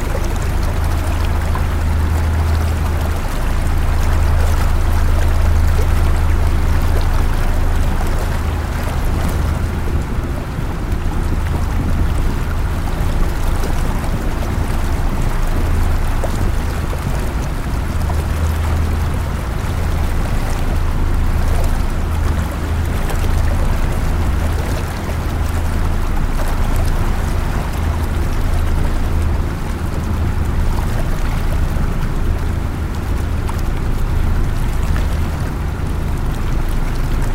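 Water splashes steadily against a moving riverboat, a dense, even wash that hardly changes over the whole ride. Underneath runs a strong low engine drone that swells slightly at times, with faint scattered clicks and rattles from the boat.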